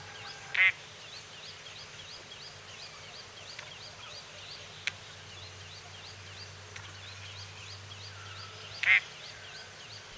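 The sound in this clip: Crested drongo giving two harsh, buzzy notes about eight seconds apart, while a constant chorus of rapid, rising high chirps runs in the background.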